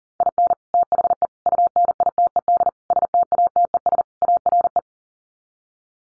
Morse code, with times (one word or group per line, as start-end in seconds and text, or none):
0.2-0.5 IN
0.7-1.3 THE
1.5-2.7 UNITED
2.9-4.0 STATES
4.2-4.8 ARE